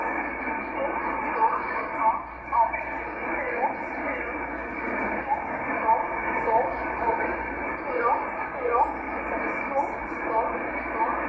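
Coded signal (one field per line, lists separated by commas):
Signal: numbers station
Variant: E11 Oblique, English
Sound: faint spoken voice reading numbers through heavy shortwave static and interference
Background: radio static, data interference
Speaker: so this comes from Poland this was a Polish E11 number station that you just heard there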